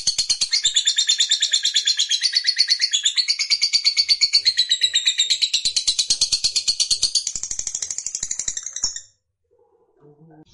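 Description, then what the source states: Lovebird chattering song: about nine seconds of fast, shrill, pulsing trill that holds steady, then stops abruptly. Fighter lovebird singing energetically (gacor).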